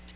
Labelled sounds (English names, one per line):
Tennessee Warbler flight call